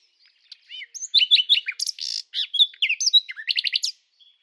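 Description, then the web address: Bird song in one continuous, rapid jumble of high chirps, slurs and short buzzes, ending in a quick series of sharp notes. "Deverinetal 2025 File origin Bird Only"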